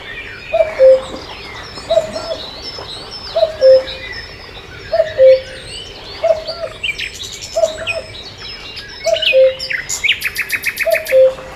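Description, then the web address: Cuckoo call: a low two-note falling 'cu-coo' repeated about every one and a half seconds, eight times, over busy chirping of other birds. "best service Blue Box birds birds sea cuckoo"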